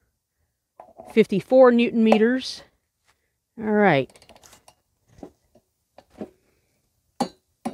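A click-type torque wrench set to 54 newton meters tightens the flywheel nut on a Tecumseh engine of an older Craftsman lawnmower. Someone talks, and then a few faint ticks are heard as the wrench is pulled. A sharp click at 7.2 s shows that the wrench broke over at the setting, confirming the nut is torqued.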